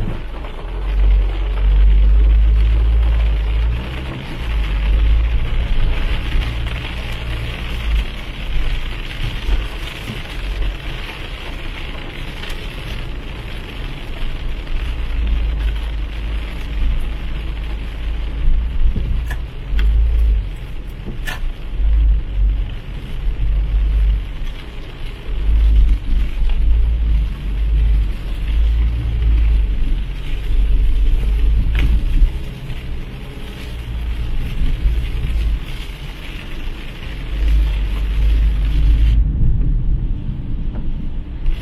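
Driving a car in the rain: a steady low engine and road rumble with a continuous hiss above, dropping out abruptly near the end.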